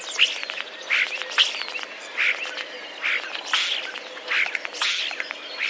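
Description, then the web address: Common starling song made of sparrow-like chirps repeated about once a second, with scratchy clicks between them and two thin high whistles. Starling song including mimicry of sparrow sounds; recorded 10 April 2023. "wroblowe zapozyczenia szpaki 10 04 2023"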